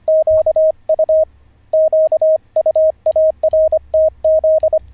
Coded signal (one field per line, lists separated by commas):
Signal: Morse code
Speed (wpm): 25 wpm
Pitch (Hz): 630 Hz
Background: radio noise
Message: QU QUARTZ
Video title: How to Learn Morse Code (Day 44) [Livestream]